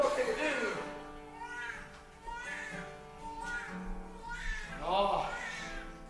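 Wavering, meow-like infant cries rise and fall over a steady low background hum in a large church, from a baby in the congregation during a sermon.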